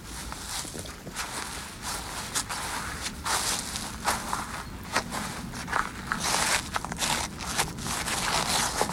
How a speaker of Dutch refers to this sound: Ja, zo'n beetje lopen door berijpt gras, een beetje bevroren.